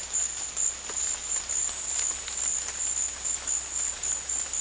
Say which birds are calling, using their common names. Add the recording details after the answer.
none. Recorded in dense forest near Puerto Asís, Putumayo, Colombia, on 18 February 2024 at 13:30. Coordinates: 0.484, -76.317. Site G6464